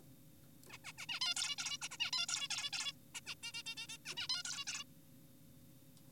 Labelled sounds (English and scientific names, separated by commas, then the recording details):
Zebra Finch (Taeniopygia guttata)
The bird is an adult
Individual g4p5U